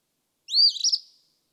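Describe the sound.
Eastern phoebe song, a single raspy two-note 'fee-bee' phrase, a rising sweep followed by a buzzy stuttering end, in silence.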